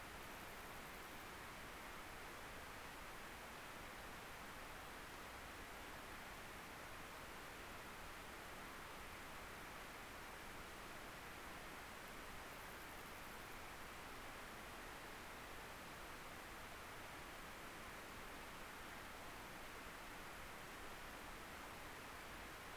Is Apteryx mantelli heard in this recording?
no